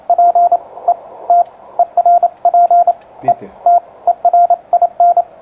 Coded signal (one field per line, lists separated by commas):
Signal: Morse code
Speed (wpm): 29 wpm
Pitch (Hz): 700 Hz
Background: radio noise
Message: PETER PETER IN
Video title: Correção Rápida e Fácil para Seus CW